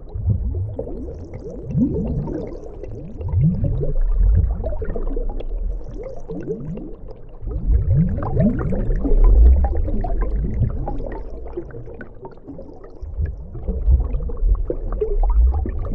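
Flowing water heard from underwater, a dense low rumble with muffled bubbling and gurgling throughout. Rising gurgles and swells come and go every second or two, with louder surges around the 2, 4, 8 and 14 second marks.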